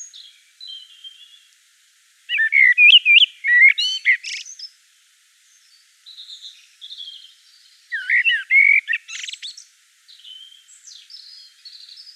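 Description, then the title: Common blackbird song: two rich fluted warbling phrases, each ending in a high squeaky twitter, separated by pauses with fainter sounds. Common blackbird singing in Provence. "Sylvain Jaskowiak - Mes piafs. Merle noir en Provence"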